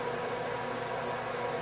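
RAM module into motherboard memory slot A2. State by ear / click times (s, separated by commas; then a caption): not seated / none. The second RAM stick is lined up over memory slot A2 on a motherboard, ready to be pressed home. Only a steady, broadband hum with faint tones is heard throughout. Nothing has seated or clicked yet.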